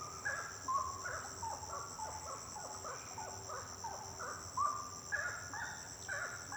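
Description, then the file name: Birds giving irregular short bent notes and chirps, some louder than others, over a steady high insect-like drone. Birds singing at night; intense song. "Passaros cantando a noite canto intenso"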